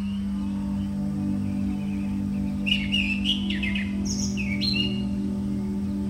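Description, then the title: Bird gives a brief run of sharp chirps and rising whistled notes midway through, with a constant low hum underneath. "SuaraBurung Kicau"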